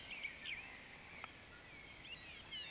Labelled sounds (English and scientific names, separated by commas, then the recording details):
Eurasian Woodcock (Scolopax rusticola) whistle, Eurasian Woodcock (Scolopax rusticola) croak
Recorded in Baden-Württemberg, Germany, on 20 May 2021 at 19:14 UTC
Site 24606, 635 m above sea level